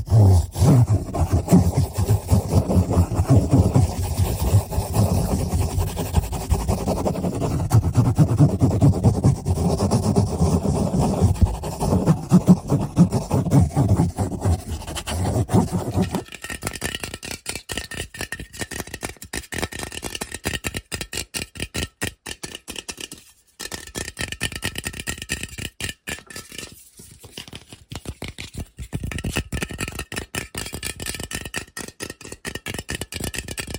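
Rapid, aggressive tapping and scratching, dense and low-heavy for sixteen seconds, then thinner, brighter crackling clicks with brief gaps.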